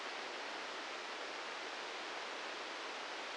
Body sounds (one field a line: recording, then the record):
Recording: brain microelectrode recording played as sound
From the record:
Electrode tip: inside the subthalamic nucleus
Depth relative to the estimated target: -6 mm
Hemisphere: left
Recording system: NeuroSet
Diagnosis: Parkinson's disease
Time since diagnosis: 13 years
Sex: male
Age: 66 years